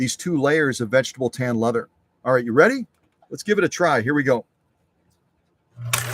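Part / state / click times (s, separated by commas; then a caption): automatic bobbin-winder clutch re-engaging in a sewing machine drive / seated / 5.9 s. Someone talks, then the bobbin is taken off the bobbin winder of a vintage sewing machine, which re-engages the automatic clutch so the needle starts moving again through two layers of vegetable-tan leather. A quick little click is heard at 5.9 s as the clutch re-engages.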